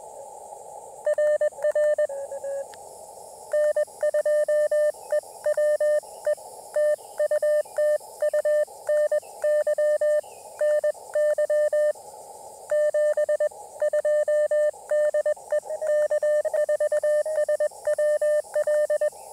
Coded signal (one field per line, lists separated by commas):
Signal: Morse code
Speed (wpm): 21 wpm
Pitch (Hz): 600 Hz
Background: radio noise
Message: RR N2EWE TU TU NY NY 72 DE K4SWL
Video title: QRP POTA at Carolina Beach State Park: Testing a new KX2 Paddle Mount and Seeking Shade!